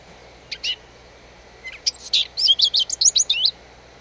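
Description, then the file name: Eurasian blackcap song: a couple of brief notes, then a quick run of varied chattering and warbled notes, all high-pitched, against a quiet hiss. "Sylvia atricapilla"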